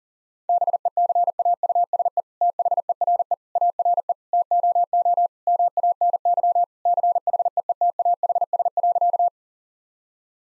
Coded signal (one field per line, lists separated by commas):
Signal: Morse code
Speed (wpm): 40 wpm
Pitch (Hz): 700 Hz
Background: none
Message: BECAUSE THERE ARE TOO MANY CHEETAHS.